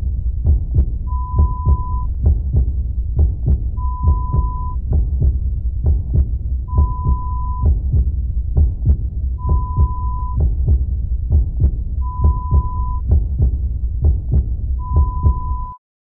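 Deep, regular paired thumps at about 67 beats a minute run through the whole clip over a steady low hum, with a tone beeping at regular intervals over the beats; a heartbeat sound effect.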